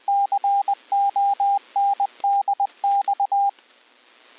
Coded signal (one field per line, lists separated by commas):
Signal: Morse code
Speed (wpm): 20 wpm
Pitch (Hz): 800 Hz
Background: radio noise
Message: CONDX